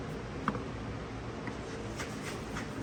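A transmission filter on a 2014 Chevy Silverado's 6L80 transmission is slid up by hand into its seal. A sharp click at 0.5 s is followed by fainter taps around 0.6 s and 1.5 s. The filter has only partly seated, with a little more to go before it is fully home.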